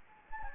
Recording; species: mosquito wingbeat signal from an infrared sensor; Anopheles gambiae